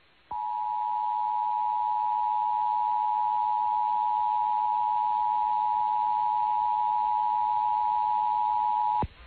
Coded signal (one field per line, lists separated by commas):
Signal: Emergency Alert System (SAME) tones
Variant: 853 and 960 Hz attention tone